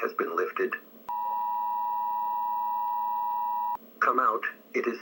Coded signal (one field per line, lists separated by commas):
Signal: Emergency Alert System (SAME) tones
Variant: 853 and 960 Hz attention tone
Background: speech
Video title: Emergency Alert System